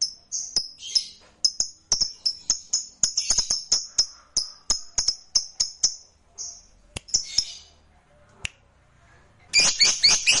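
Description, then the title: Lovebird chirping song: rapid high-pitched chips and short buzzy trills in quick irregular series, a pause, then a dense burst of harsh chatter at the end. "Suara Lovebird"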